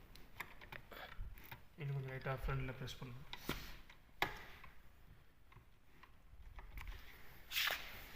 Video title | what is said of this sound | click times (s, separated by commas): Unboxing New 8-Port KVM Switch, and Pulling out the Monitor and Keyboard. | Okay lock ஆயிடுச்சு. | 4.2 s